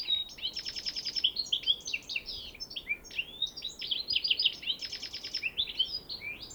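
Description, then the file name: European goldfinch calls, a nonstop chatter of sweet tinkling notes mixed with repeated rattling trills, busy and rhythmic throughout. "Carduelis carduelis"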